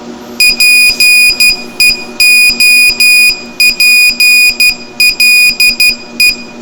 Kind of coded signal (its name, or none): Morse code